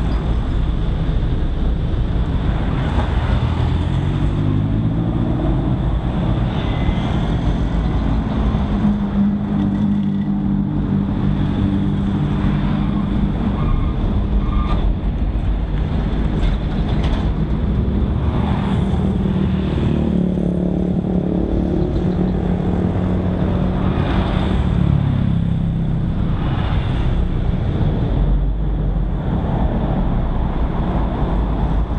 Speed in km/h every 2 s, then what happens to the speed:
0, 0, 0, 0, 0, 0, 0, 0, 0, 0, 0, 0, 0, 0, 0, 0.
0-32 standing.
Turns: none.